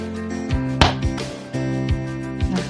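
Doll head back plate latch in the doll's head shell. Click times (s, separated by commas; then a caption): 0.8 s. The back plate latch on the second side of a plastic Blythe doll head shell is pried, to open the head without scratching it, and releases with a sharp click at 0.8 s, so the latch comes open. Softer knocks follow at 1.9 s and 2.4 s, with steady music playing throughout.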